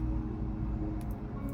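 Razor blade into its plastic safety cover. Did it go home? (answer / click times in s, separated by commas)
no / none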